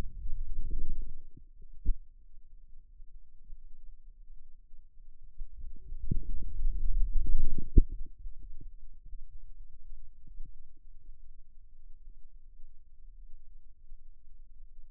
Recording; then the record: forearm muscle sounds (acoustic myography)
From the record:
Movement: wrist flexion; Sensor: system 2, bracelet of six BSWA MPA416 microphones around the upper forearm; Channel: 2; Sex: male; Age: 22 years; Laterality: right